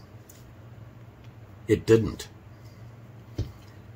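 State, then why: Seated. Someone talks briefly as the blade of a Ka-Bar Gila folding knife, which had not fully clicked in at first, is pushed further open. A short, sharp click at 3.4 seconds marks the blade lock seating, leaving the blade locked solid.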